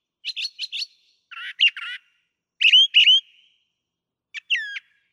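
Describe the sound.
Brown thrasher song: short bright phrases in quick groups of four, three and two notes, then a final phrase after a pause.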